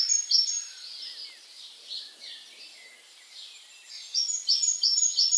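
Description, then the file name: Great tit song heard mostly as softer, blurred phrases, with clearer repeated two-note units at the start and a burst near the end. "Parus major"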